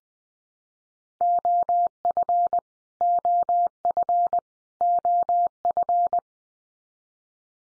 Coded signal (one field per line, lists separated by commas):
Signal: Morse code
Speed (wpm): 20 wpm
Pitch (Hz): 700 Hz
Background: none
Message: OF OF OF